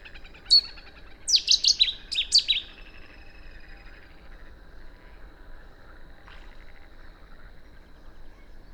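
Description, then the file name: Cetti's warbler song, one clipped opening note, then a loud explosive burst of quick descending notes lasting over a second, followed by quiet with a faint chirp. "Bouscarle de Cetti Cettia cetti"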